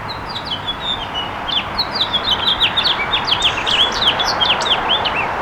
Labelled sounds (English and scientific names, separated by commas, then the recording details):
House Finch (Haemorhous mexicanus) song
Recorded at Babylon on Long Island, New York, on 18 May 2013
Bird F